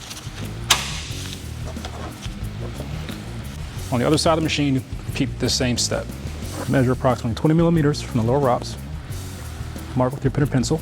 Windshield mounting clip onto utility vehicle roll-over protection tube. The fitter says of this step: and pop it into place.